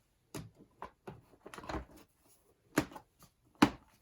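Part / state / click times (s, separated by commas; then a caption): plastic engine cover onto rubber grommet mounts on engine / seated / 0.4 s, 0.8 s, 2.8 s, 3.6 s. A plastic engine cover on a VW Jetta TDI is pressed back down onto its four rubber grommet mounts on the engine after an oil change. Sharp snaps are heard at 0.4, 0.8, 2.8 and 3.6 seconds, along with fainter knocks and rustling in between. The cover snaps into place, seated on its grommets.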